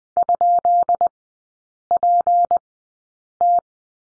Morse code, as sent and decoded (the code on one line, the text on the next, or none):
..--.. .--. -
?PT